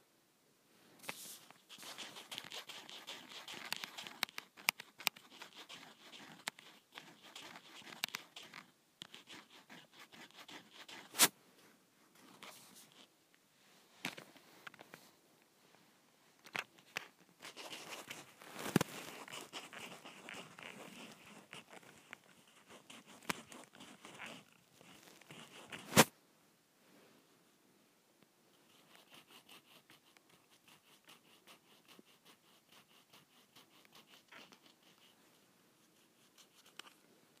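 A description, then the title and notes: Dry scratching on leather comes in dense, uneven bursts of rasping strokes, bright and papery in tone. Sharp clicks stand out near 11 and 26 seconds, and after about 27 seconds the scratching thins to lighter, scattered ticking. ASMR Leather Scratching.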